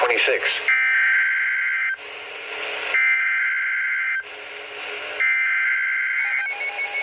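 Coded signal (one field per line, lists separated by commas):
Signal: Emergency Alert System (SAME) tones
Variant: header bursts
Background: speech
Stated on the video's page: Severe thunderstorm warning received on a weather radio.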